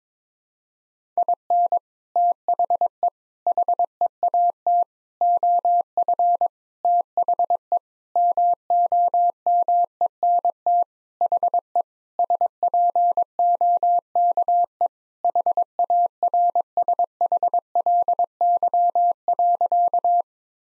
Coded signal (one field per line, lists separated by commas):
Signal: Morse code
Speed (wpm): 22 wpm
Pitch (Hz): 700 Hz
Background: none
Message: IN THE HEAT OF THE MOMENT HE SPOKE HARSHLY.